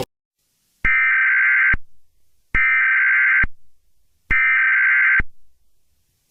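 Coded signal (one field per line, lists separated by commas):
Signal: Emergency Alert System (SAME) tones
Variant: header bursts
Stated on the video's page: Fictional EAS scenario for a winter storm, with voice actors.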